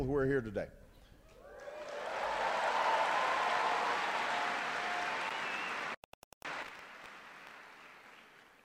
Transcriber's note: applause